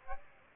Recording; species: mosquito wingbeat signal from an infrared sensor; Aedes aegypti